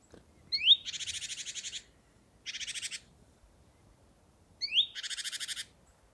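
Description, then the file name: Great tit giving harsh, buzzy churring calls: a sharp chirp leading into a rasping rattle, then a short rattle and a second chirp-and-churr sequence. "Parus major"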